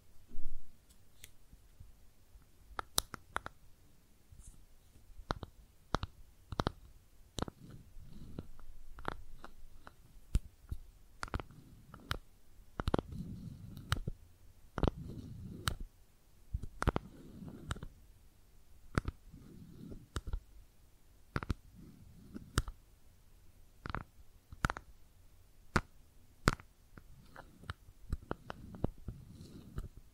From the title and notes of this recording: ASMR Makeup Tapping & Scratching Sounds (No Talking).